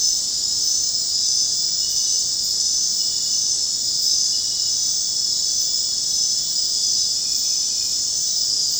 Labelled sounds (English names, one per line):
none